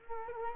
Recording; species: mosquito wingbeat signal from an infrared sensor; Culex quinquefasciatus